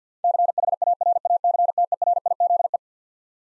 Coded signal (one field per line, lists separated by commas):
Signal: Morse code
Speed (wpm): 50 wpm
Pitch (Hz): 700 Hz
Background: none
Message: CHARACTERIZE